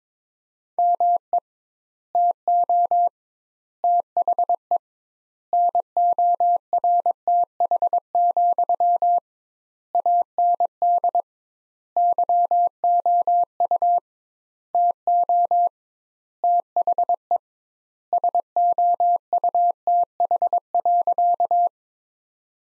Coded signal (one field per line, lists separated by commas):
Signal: Morse code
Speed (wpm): 22 wpm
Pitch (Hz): 700 Hz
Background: none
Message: ME TO THE NORTH, AND YOU TO THE SOUTH.